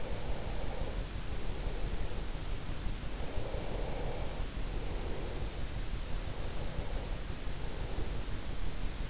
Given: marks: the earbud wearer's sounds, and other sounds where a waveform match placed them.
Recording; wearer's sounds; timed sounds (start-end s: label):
sounds in sleep by an in-ear microphone; breath
0.00-2.25 s: breath
3.03-5.62 s: breath
6.39-8.17 s: breath